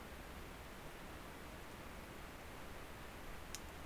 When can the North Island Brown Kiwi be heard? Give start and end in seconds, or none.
none